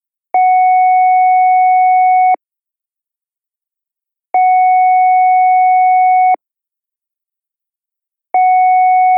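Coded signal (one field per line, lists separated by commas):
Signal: siren signal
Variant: ASC controller air-horn tone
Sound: steady two-tone horn blasts, about 2 seconds each with 2-second gaps, three heard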